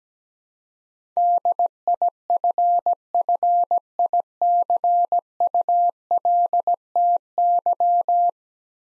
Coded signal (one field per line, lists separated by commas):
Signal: Morse code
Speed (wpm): 17 wpm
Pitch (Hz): 700 Hz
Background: none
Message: DIFFICULTY